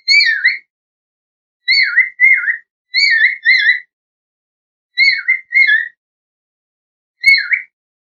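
Bird song of clean, bright, downslurred whistled notes, mostly in pairs or short groups, with clear pauses of about a second between bursts; nothing else audible.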